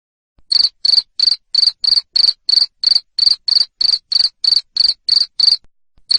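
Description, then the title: Loud cricket chirping, a string of short shrill pulses about three per second that stops briefly near the end before resuming. Loud cricket chirping (jangkrik ngerik) played to stimulate lovebirds into continuous singing (ngekek). "Suara JANGKRIK NGERIK Keras Bikin LOVEBIRD Jadi NGEKEK Terus Vubey"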